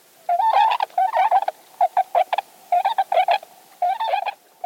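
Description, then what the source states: Tundra swans whooping, a flock giving mellow, bugling whoops in quick bursts, several birds overlapping in groups about every second. A second formation of swans flying in on a November morning to forage near trumpeter swans in a plowed field, announcing themselves with distinctive whoops.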